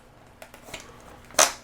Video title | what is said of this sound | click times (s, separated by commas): Kore Essentials: a unique and very effective concealed carry belt. | and you hear that clicking | 0.4 s, 0.5 s, 0.7 s, 1.3 s, 1.4 s